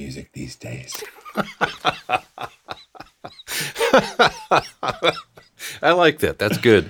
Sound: laughing